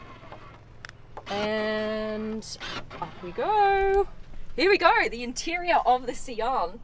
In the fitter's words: just a little click here